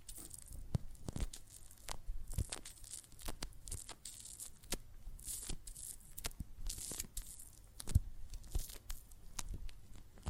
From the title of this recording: Water and Soap Foam Sounds